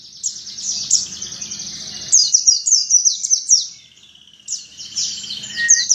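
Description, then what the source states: White-eye song: fast high twittering phrases with a brief break, then the chattering warble resumes. Pleci dakun white-eye singing in the ngalas ngeroll style.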